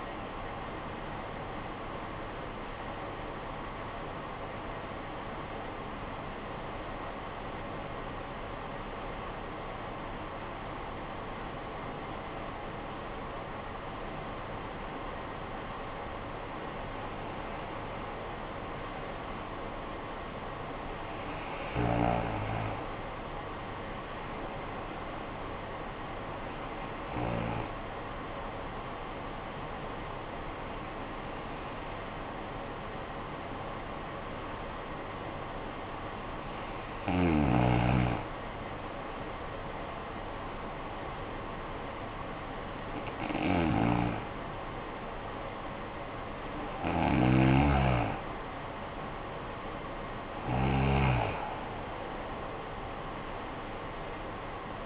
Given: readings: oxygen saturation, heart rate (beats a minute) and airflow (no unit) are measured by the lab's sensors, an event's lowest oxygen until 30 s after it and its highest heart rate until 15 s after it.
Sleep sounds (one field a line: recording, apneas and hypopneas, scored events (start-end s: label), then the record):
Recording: breathing in sleep by a voice recorder at the bedside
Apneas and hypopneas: 2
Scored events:
5.00-15.90 s: hypopnea (N1, oxygen 96% highest, then 92% lowest, heart rate 64 at the start, 68 highest)
34.00-48.10 s: hypopnea (N1, oxygen 95% highest, then 91% lowest, heart rate 53 at the start, 59 highest)
From the record:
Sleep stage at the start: N1 (lightest sleep)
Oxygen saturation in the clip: 92 to 96%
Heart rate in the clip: 52 to 73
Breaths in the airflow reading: 10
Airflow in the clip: -13.2 to 11.4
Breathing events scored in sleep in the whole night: 445 in 7.6 hours asleep